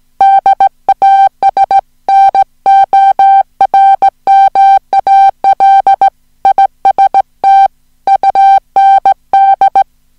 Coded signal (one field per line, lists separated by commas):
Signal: Morse code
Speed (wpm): 17 wpm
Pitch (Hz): 780 Hz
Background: music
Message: DAS NORMAL IST UND